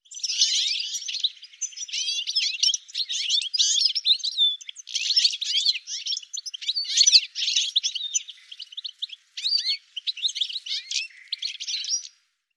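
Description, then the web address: European goldfinch song: a fast, continuous twittering jumble of high tinkling and buzzy notes in rapid bursts, with only brief breaks, running for about twelve seconds. "cianscape birddata Deverinetal 2025 File cleaned normalized Bird"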